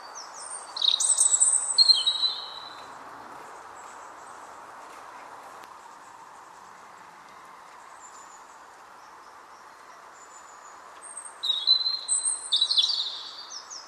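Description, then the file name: European robin delivering two brief, high, jangling song phrases about ten seconds apart, with steady hiss filling the gap. "Erithacus rubecula"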